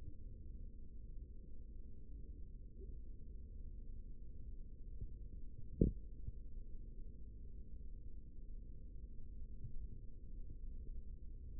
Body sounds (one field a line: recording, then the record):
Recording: forearm muscle sounds (acoustic myography)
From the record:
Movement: rest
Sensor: system 3, bracelet of six PUI Audio POM-2738L microphones around the upper forearm, with dedicated amplification and filtering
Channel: 1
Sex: male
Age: 55 years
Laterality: right